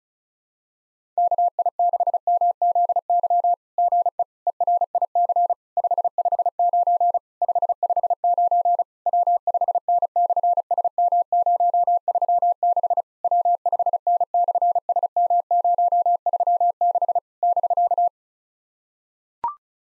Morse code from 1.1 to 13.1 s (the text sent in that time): KI6MZY GE ERIC 559 559 W5N/SM036